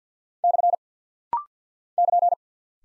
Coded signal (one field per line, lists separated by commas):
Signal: Morse code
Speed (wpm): 50 wpm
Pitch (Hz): 700 Hz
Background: none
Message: / <KN>